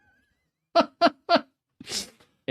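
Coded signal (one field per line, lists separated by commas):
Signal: none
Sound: game show buzzer beeps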